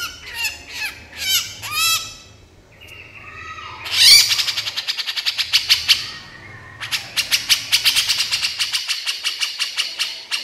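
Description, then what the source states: Horsfield's bush lark song mixing short rising whistled phrases and a held note with long bursts of rapid, dry, high-pitched chattering notes, repeated in quick succession. Vigorous, full-voiced song (super gacor).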